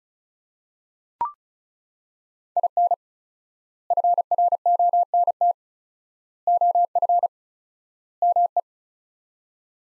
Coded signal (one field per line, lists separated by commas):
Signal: Morse code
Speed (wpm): 36 wpm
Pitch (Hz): 700 Hz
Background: none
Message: IN FRONT OF ME